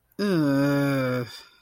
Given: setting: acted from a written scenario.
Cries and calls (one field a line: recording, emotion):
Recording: vocal sound without words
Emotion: disgust